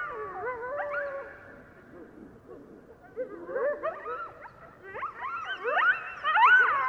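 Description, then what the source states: Coyotes yipping and howling in a loose group chorus, wavering and rising cries that fade briefly, then swell louder with sharp yelps near the end. Several coyotes, recorded 15 March 2015.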